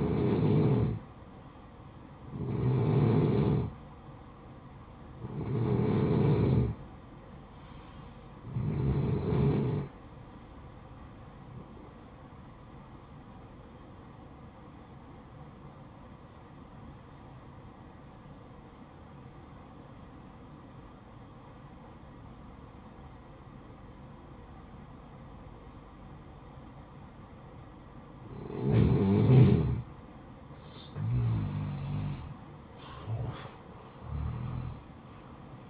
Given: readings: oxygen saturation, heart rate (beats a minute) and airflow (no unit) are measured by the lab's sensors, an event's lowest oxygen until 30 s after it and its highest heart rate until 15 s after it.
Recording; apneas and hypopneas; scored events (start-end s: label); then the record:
breathing in sleep by a smartphone at the bedside; 1
11.00-29.30 s: hypopnea (N2, oxygen 93% highest, then 88% lowest, heart rate 61 at the start, 72 highest)
27.00-35.70 s: new sleep stage, N1 (lightest sleep)
From the record:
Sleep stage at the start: N2 (light sleep); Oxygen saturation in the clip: 90 to 93%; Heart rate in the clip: 54 to 70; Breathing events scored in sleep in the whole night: 573 in 9.8 hours asleep